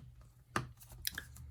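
A replacement ear pad for Sony WH-1000XM3 wireless headphones is pressed into the ear cup, its plastic rim clips lined up with the small openings. Sharp clicks are heard at 0.6 s and 1.1 s, with a smaller tick near 1.2 s, over a low hum. The clips snap in and the pad seats in the ear cup.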